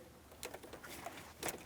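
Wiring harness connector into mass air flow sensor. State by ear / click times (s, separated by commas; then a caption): seated / 0.4 s. A plastic wiring harness electrical connector is pressed onto the mass air flow sensor of a 2007-2014 Ford Edge 3.5L V6 during a transmission mount replacement. A sharp click sounds at 0.4 s as the connector seats home, followed by softer clicks and rustles around 0.5 s and 0.9 s and a brief louder noise near 1.5 s. The connector is confirmed seated.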